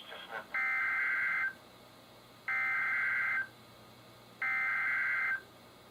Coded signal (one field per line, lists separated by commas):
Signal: Emergency Alert System (SAME) tones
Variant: header bursts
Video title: EAS #1204-1208: Marine Warnings and Tests | KHB36